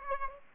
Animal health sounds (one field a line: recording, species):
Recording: mosquito wingbeat signal from an infrared sensor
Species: Aedes aegypti